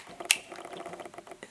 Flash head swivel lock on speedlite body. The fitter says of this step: it locks in place it's a little bit more positive a lot smoother